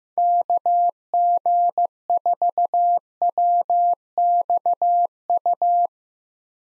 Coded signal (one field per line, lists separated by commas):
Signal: Morse code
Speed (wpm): 15 wpm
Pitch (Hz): 700 Hz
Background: none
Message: KG4WXU